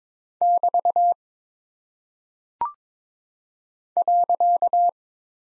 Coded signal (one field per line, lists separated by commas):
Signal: Morse code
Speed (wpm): 22 wpm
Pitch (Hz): 700 Hz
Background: none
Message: <BT> .